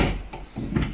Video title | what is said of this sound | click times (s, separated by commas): Assembling IKEA products - MAXIMERA - Hidden Low Drawer | and it kind of locks in place by itself and at this point | 0.3 s, 0.8 s